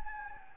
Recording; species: mosquito wingbeat signal from an infrared sensor; Anopheles gambiae